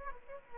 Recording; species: mosquito wingbeat signal from an infrared sensor; Aedes aegypti